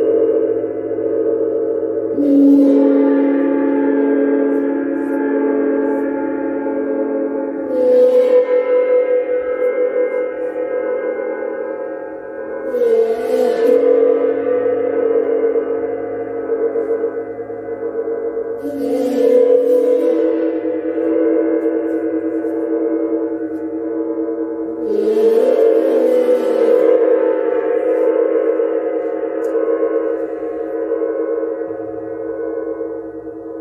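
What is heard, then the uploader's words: Gongs and a singing bowl ring together in a thick, sustained drone centered in the low-middle range. Soft mallet strikes land roughly every six seconds, each adding a brief bright shimmer before blending back into the steady, layered hum that never fully fades. Connect to the sounds of Venus Gong, Chiron Gong and Sacred Yoni Tibetan Singing Bowl.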